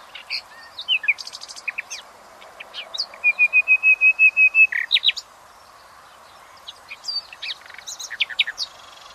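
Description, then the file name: Common nightingale song: rich varied phrases of whistles and rapid trills, including a long run of repeated piping notes, with short pauses between phrases. "Luscinia megarhynchos"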